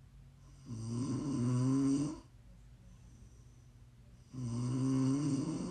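Two long, low, rattling inhalation snores, each about one and a half seconds, separated by a quiet exhalation pause. The cycle repeats roughly every 3.7 seconds, about 16 breaths a minute, with steady, regular snoring in a quiet room.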